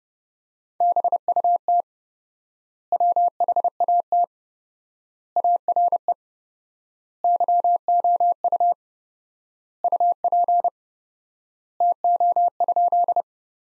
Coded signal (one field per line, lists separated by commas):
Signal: Morse code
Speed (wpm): 30 wpm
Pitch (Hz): 700 Hz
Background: none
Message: BUT WHAT ARE YOU UP TO?